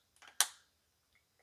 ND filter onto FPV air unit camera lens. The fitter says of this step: click in place voila